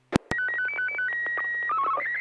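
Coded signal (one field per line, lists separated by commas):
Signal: SSTV (slow-scan television)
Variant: Martin 1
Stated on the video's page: SSTV images exchanged on an amateur radio net via a 441.300 MHz FM repeater, sent with MMSSTV software.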